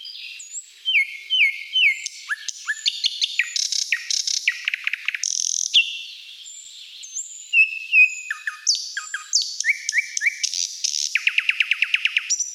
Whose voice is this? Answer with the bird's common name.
Thrush Nightingale